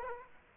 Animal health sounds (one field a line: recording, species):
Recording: mosquito wingbeat signal from an infrared sensor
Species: Aedes aegypti